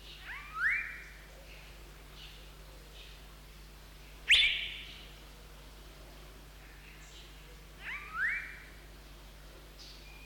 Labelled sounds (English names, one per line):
Asian Fairy-bluebird